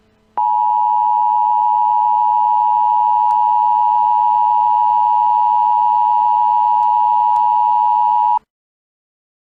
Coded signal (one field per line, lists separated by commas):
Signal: Emergency Alert System (SAME) tones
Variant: 853 and 960 Hz attention tone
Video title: EAS Erie, PA Scenario- The Terror After the Storm